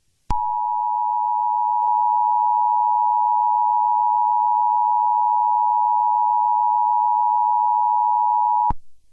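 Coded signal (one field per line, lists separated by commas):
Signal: Emergency Alert System (SAME) tones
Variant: 853 and 960 Hz attention tone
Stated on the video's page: Fictional EAS scenario.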